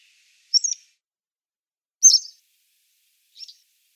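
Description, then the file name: Western yellow wagtail calling with high, thin, slurred notes, two clear calls and a fainter third, spaced more than a second apart. "Motacilla flava"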